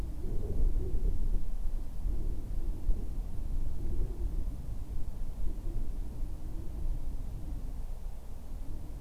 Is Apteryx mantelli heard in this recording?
no